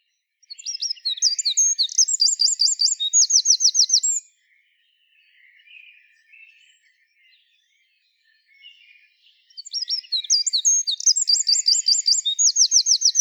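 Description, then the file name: Eurasian wren singing two loud, high-pitched outbursts of quick notes and buzzing trills, the first about four seconds long, separated by a pause with soft, faint chirps. "Troglodytes troglodytes"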